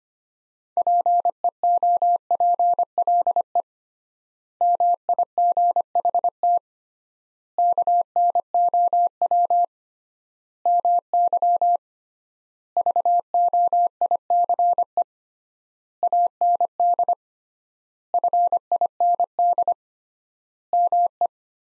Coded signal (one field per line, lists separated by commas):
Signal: Morse code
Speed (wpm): 25 wpm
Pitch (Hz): 700 Hz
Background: none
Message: PEOPLE MIGHT KNOW MY VOICE AND FIND ME